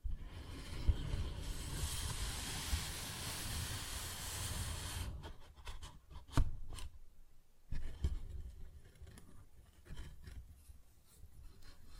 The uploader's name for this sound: Paper Bag Tapping and Scratching Sounds